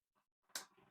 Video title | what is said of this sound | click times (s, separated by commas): Install Your Own Electric Water Heater - Thermomate 8 gallon ES900 | Look at that. Locks right in. | 0.6 s